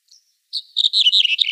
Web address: Schulze Peter Red-headed Bunting song